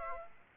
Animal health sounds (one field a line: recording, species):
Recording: mosquito wingbeat signal from an infrared sensor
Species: Aedes aegypti